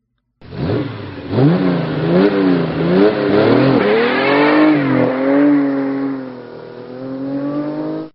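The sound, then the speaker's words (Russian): The engine of a stolen car revs loudly in several quick rising and falling bursts, then climbs in pitch and settles into a steady, sustained roar as it accelerates away. “Забежал за угол, прыгнул в украденную машину и дал по газам.”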